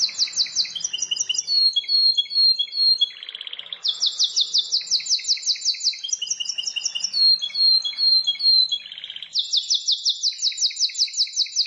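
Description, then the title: Prinia song: fast, bright chattering phrases of repeated high notes, with sweeping trills and a buzzy lower rattle in between, running on without a pause. "Ciblek Sawah"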